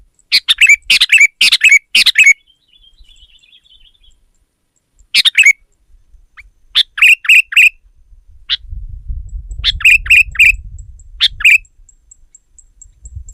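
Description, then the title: Sooty-headed bulbul giving clusters of quick, bubbly notes in bursts, with a faint buzzy trill and low rumbling noise later. "kutilang"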